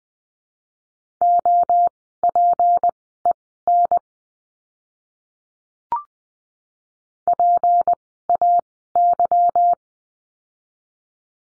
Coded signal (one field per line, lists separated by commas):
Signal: Morse code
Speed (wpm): 20 wpm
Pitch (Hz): 700 Hz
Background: none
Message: OPEN PAY